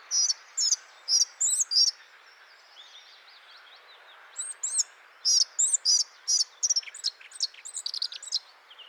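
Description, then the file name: Eurasian blackcap song, a series of bright, evenly spaced chirps, then a quieter twittering interval and a denser, faster run of notes. "Sylvia atricapilla"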